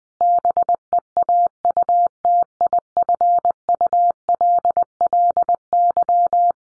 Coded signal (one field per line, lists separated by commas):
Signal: Morse code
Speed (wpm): 20 wpm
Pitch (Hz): 700 Hz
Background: none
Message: BEAUTIFULLY